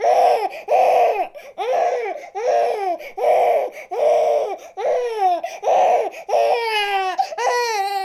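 A baby cries in short, high-pitched rhythmic wails, roughly ten bursts in eight seconds separated by quick breaths, with the last cries turning more wavering and tonal. This is ordinary infant crying.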